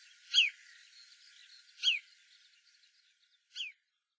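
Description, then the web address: Marsh sandpiper calling: three short, clear, whistled notes that slide sharply downward, the first two about one and a half seconds apart, a fainter third after a pause. Recorded in Saga, Japan, on 28 April 2013. "koe koaoashi 130428 saga moriya"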